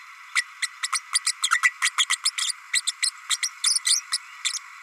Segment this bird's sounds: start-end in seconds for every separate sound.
0.35-0.42, 0.62-0.68, 0.82-0.87, 0.92-1.01, 1.14-1.19, 1.26-1.32, 1.50-1.61, 1.62-1.73, 1.81-1.91, 1.98-2.05, 2.10-2.17, 2.25-2.31, 2.37-2.52, 2.73-2.81, 2.87-2.92, 3.02-3.11, 3.29-3.38, 3.42-3.51, 3.63-3.80, 3.85-4.01, 4.12-4.17, 4.45-4.52